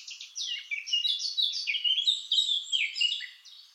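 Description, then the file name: Eurasian blackcap delivering a dense, continuous warble of quick, slurred high notes throughout, fading at the very end. "Sylvia atricapilla"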